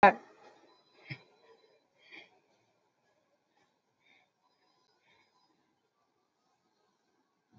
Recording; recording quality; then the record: deep breathing; moderate, slight background noise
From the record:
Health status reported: COVID-19 positive, no symptoms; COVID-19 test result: positive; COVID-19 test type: RT-PCR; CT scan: taken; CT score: 17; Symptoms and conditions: cough, cold, breathing difficulty, fatigue, muscle pain, loss of smell and taste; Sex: male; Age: 28 years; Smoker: no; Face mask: not worn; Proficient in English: yes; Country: India